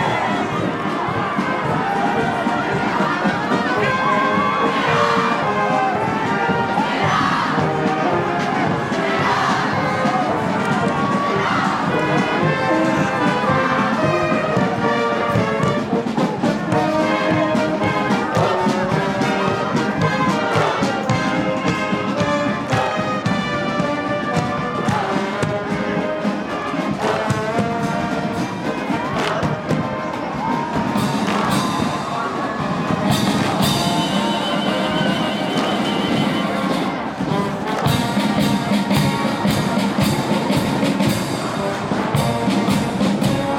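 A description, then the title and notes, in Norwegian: A marching band plays continuously amid a cheerful children's parade, horns and drums carrying a steady, dense tune at an even volume. Crowd voices and cheering mix in throughout, and sharp bright cymbal or whistle bursts stand out after about thirty seconds. Lyden av jublende barnetog og korps på 17.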